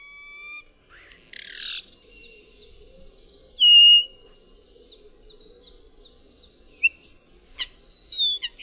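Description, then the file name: Common starling song: a harsh rasping burst, a thin sustained buzzy warble, a loud clear whistle, then sliding whistled notes. "SZPAK"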